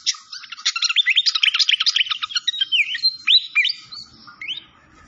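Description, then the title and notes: Malaysian pied fantail song: rapid run of sharp chirps and squeaky notes, then slower rising and falling whistled phrases fading out. Clear-voiced song on a masteran (training recording). "Masteran Sikatan Kipas Suara Jernih Dan Suara Gemericik Air. Suara Burung Sikatan Londo"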